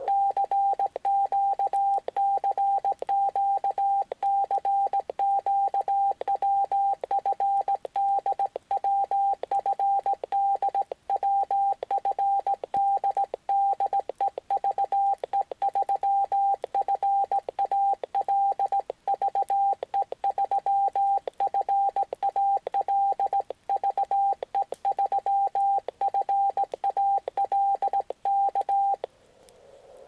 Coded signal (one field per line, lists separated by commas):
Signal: Morse code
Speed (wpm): 18 wpm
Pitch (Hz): 780 Hz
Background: radio noise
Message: CQ CQ CQ WFD WFD WFD DE VE3FAL VE3FAL VE3FAL K